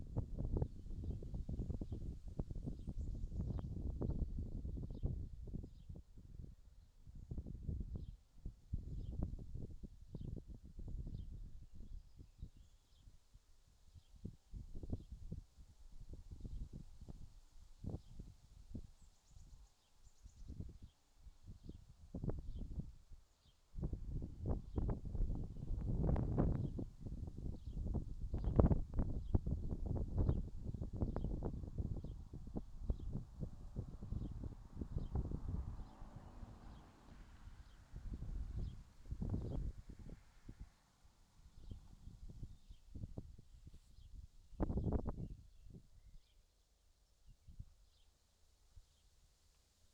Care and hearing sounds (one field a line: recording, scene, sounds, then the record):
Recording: everyday scene through a hearing-aid microphone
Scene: wind on the microphone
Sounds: wind, vehicle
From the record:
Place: in front of a rural house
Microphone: in the ear canal, left